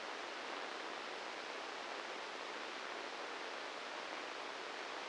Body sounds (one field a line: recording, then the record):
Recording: brain microelectrode recording played as sound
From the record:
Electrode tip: inside the subthalamic nucleus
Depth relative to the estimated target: -1 mm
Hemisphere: left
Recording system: NeuroSet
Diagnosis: Parkinson's disease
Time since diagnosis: 10 years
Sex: male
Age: 56 years